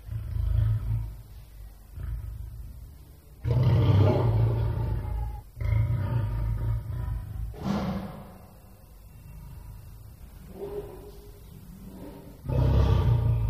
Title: Lion's Roar